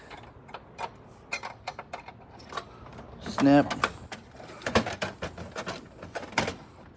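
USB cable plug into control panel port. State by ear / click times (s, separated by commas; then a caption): seated / 6.4 s. A USB cable plug is pushed back into its port on a copier control panel during a control panel replacement, with several small clicks and handling taps along the way while someone talks. The plug snaps into place with a sharp click at 6.4 seconds and is seated.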